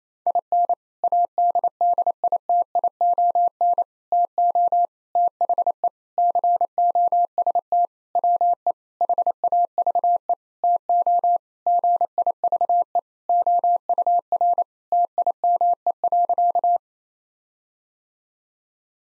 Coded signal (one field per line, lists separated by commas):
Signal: Morse code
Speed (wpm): 27 wpm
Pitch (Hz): 700 Hz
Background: none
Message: IN ADDITION TO THE COST WE HAVE TO GIVE OUR TIME.